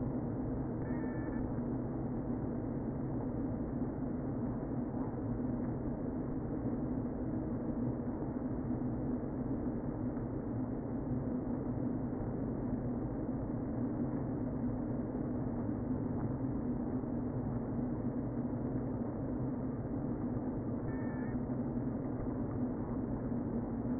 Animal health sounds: honeybee colony, microphone inside the hive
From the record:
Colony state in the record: queen present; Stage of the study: before two queens were removed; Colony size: about 60,000 bees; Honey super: yes

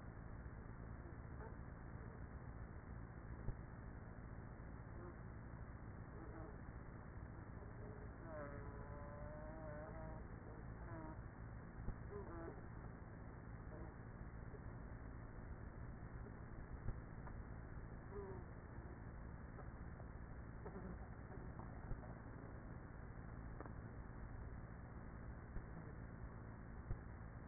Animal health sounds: honeybee colony, microphone inside the hive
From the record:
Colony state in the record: queenless with a low population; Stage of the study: after two queens were removed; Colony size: about 30,000 bees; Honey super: no

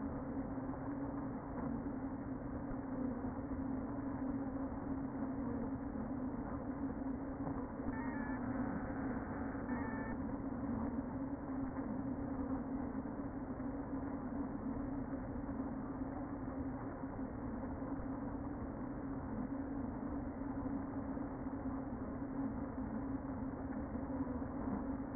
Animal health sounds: honeybee colony, microphone inside the hive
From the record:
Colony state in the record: queen present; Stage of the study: before two queens were removed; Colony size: about 60,000 bees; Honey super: yes

